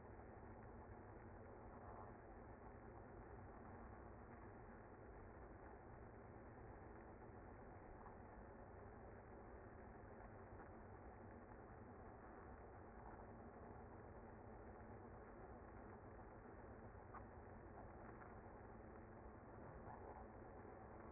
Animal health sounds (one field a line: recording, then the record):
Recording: honeybee colony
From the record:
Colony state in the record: active